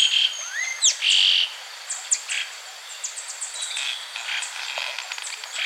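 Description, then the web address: Bronze-green Euphonia gives high buzzy notes, thin whistles and scattered sharp ticks in quick irregular series. Andean bird of South America. "Natures Songs S America Andean Birds. Bronze-Green Euphonia (Euphonia Mesochrysa)"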